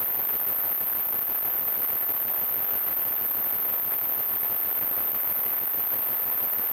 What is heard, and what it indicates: Tinnitus.